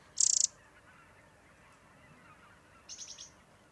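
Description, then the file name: Eurasian wren call: a short, loud, very high buzzy burst near the start, then a fainter similar rattle about two and a half seconds later, over quiet background hiss. "Troglodytes troglodytes"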